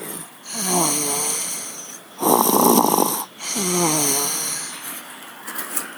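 Three soft breaths in about six seconds from a sleeping infant girl slumped with her head bent forward and down. Two have a fluttering, pitched, slightly whistly snore and one is a noisy rush of air. This is light snoring, with a steady high-pitched whine in the background.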